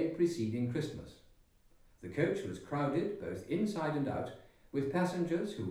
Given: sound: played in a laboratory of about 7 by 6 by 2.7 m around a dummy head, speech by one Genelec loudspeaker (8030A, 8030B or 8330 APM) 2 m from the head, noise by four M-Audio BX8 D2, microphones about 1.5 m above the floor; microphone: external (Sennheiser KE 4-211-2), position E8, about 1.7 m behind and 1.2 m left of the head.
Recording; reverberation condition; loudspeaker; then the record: male speech in English; medium; 60 degrees to the left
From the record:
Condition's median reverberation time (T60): about 510 ms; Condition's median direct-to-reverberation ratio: about -0.5 dB